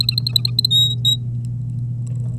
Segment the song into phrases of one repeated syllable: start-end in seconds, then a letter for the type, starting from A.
0.71-1.16 A